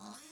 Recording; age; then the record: pig call; piglet (1 to 25 days)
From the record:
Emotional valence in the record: negative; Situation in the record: short isolation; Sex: male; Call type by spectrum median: low-frequency call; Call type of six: mixed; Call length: 0.32 s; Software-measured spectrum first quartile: 526 Hz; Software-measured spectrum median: 2261 Hz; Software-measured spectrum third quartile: 6787 Hz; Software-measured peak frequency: 211 Hz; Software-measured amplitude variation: 71 dB a second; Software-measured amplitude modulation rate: 19.1 a second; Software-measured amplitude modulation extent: 3.7 dB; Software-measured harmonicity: 1.5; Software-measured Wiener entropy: -1.67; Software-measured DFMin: 1061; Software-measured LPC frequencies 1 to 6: 1040, 4186, 5575, 6575, 7448, 8450 Hz